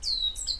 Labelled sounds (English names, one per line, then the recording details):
Stitchbird song
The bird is a male
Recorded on Tiritiri Matangi Island, New Zealand, in 2005
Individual 8, of nest box 10